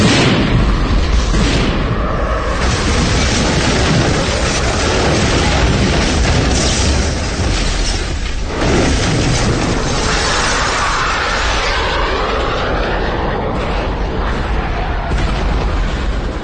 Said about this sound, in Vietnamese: Phải tới lúc hai chiếc phản lực tru thét âm ỉ trên bầu trời, trút xuống lòng thung lũng những tiếng nổ ầm ầm trung chuyển đất đai, những cuộn khói đen kịt.